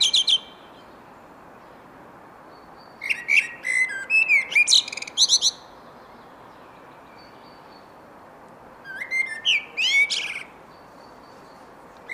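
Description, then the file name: Eurasian blackbird singing clear, mellow whistled phrases that break into thin, high chattering notes, two full phrases with long silent gaps between. "Turdus merula"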